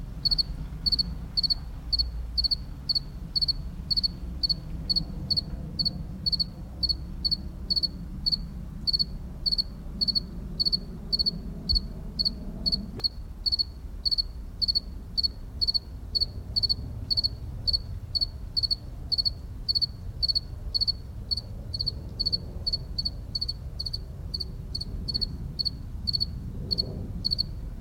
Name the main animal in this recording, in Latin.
Acheta domesticus